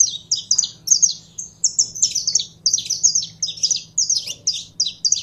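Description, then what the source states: Belgian canary in continuous song of quick, high, clipped notes in steady bursts, each phrase a cluster of bright chirps, with a soft low hum behind. Purebred Belgian canary singing.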